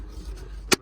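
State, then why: Seated. A taillight bulb holder on a 2011 Volkswagen Jetta is set onto the trunk-mounted taillight housing with its tab through. Then the plastic lock tab is pushed down against a low background rumble. A sharp click at 0.7 s marks the lock tab snapping into place, confirming the holder is seated.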